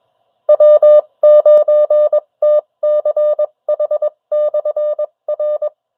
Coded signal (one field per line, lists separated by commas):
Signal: Morse code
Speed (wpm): 21 wpm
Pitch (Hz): 590 Hz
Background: none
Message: W9TCH/R